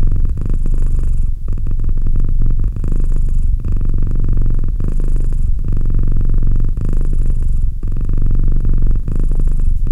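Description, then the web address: Domestic cat purring, low vibrating rumble, airy inhalations recurring roughly every two seconds. "Cat Purr 201308 Cat purr"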